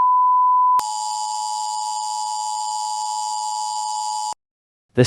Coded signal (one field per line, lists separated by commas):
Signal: Emergency Alert System (SAME) tones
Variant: 853 and 960 Hz attention tone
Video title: UK EAS - Scottish Independence